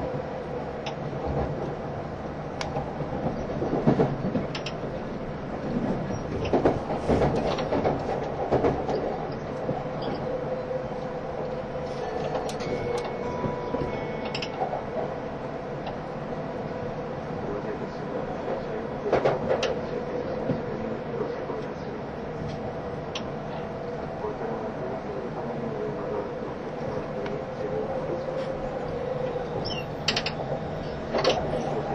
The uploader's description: train running sound